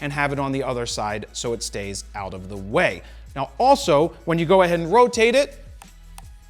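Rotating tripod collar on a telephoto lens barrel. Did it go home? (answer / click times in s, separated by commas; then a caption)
yes / 5.8 s, 6.2 s. A man talks over background music as the rotating tripod foot collar on the barrel of a Sigma 200mm f2 telephoto lens is turned. Two sharp clicks come at 5.8 s and 6.2 s as the collar seats into its 90° detent stop.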